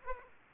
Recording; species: mosquito wingbeat signal from an infrared sensor; Aedes aegypti